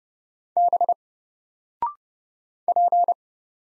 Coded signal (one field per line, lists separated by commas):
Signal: Morse code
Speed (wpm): 30 wpm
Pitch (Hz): 700 Hz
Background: none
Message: B P